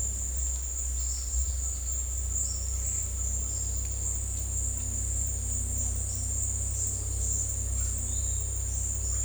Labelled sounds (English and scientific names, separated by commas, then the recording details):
none
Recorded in dense forest near Puerto Asís, Putumayo, Colombia, on 16 December 2024 at 14:30
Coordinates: 0.466, -76.327
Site G075